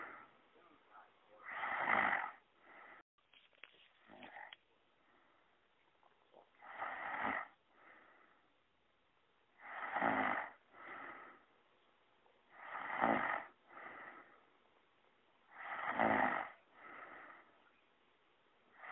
Human snoring girl snoring sound.